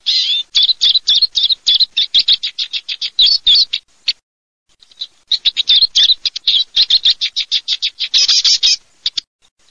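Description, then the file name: European goldfinch song, rapid tinkling twittering notes delivered in fast runs, with a brief pause mid-way before the twittering resumes. "CARDFABBRI"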